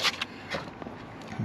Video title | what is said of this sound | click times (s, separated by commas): DIY Insignia: How to Change Car Coolant Tank for your Next Adventure | and there's the clip | 0.2 s